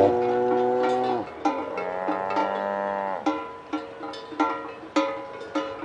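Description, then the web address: Kouprey mooing twice in long calls, followed by a string of sharp knocking clicks at irregular intervals. "Kouprey. صدای-گاو-کامبوجی"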